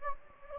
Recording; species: mosquito wingbeat signal from an infrared sensor; Anopheles gambiae